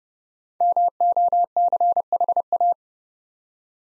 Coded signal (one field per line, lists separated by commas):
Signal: Morse code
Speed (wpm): 29 wpm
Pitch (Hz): 700 Hz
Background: none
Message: MOCHA